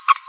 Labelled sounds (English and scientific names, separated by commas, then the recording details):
Green-rumped Parrotlet (Forpus passerinus) babbling
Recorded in a nest box in Venezuela
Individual 18B25A4